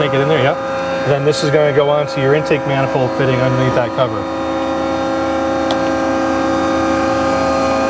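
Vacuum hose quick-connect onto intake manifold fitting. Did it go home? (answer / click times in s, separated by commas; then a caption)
no / none. Someone talks while a vacuum hose is snaked into place during a UPR catch can install, ready to have its quick-connect fitting pushed onto the intake manifold fitting underneath the cover, over a steady tonal hum. Nothing has clicked or seated yet.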